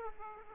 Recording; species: mosquito wingbeat signal from an infrared sensor; Aedes aegypti